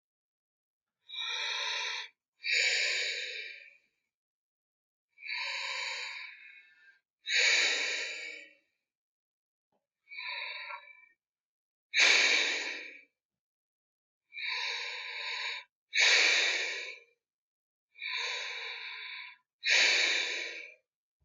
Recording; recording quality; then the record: deep breathing; excellent, no background noise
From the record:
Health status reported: exposed to COVID-19, no respiratory illness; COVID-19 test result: negative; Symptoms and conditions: fatigue, muscle pain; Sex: female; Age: 29 years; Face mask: not worn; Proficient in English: yes